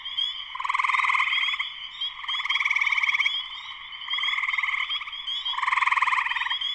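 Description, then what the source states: Spring peepers in a dense chorus, a steady high piping band overlaid by pulsing trilled waves that swell and fade roughly every one to two seconds. Spring peepers in full chorus shortly after sunset, Sleeping Bear Dunes National Lakeshore, northern Michigan, USA.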